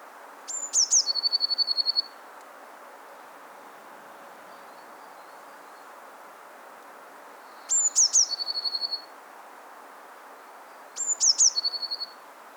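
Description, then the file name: Eurasian blue tit singing: three phrases, each opening with high thin notes and a short descending pair, then a quick silvery trill, with long pauses between. "Cyanistes caeruleus"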